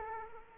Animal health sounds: mosquito wingbeat signal from an infrared sensor; Culex quinquefasciatus

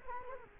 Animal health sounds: mosquito wingbeat signal from an infrared sensor; Culex quinquefasciatus

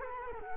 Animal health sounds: mosquito wingbeat signal from an infrared sensor; Culex quinquefasciatus

